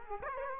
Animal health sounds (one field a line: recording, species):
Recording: mosquito wingbeat signal from an infrared sensor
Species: Culex quinquefasciatus